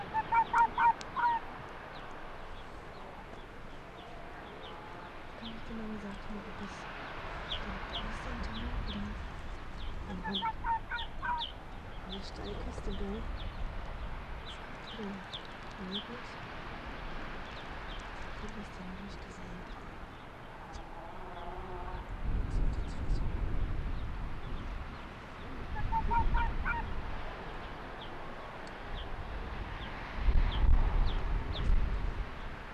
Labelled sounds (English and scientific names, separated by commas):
Arctic Fox (Vulpes lagopus)